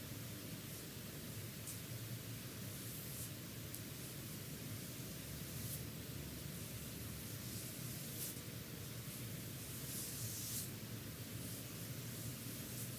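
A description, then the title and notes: Face massage with gel: a steady, dense hiss of rubbing, broken every couple of seconds by brief bright slick swishes. ASMR Face Massage with gel.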